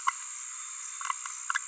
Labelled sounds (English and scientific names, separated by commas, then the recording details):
Green-rumped Parrotlet (Forpus passerinus) babbling
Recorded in a nest box in Venezuela
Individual 18B17A5